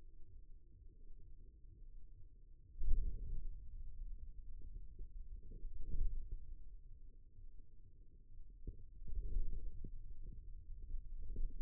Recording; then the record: forearm muscle sounds (acoustic myography)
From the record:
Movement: hand closing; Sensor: system 2, bracelet of six BSWA MPA416 microphones around the upper forearm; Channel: 3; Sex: male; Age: 22 years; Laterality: right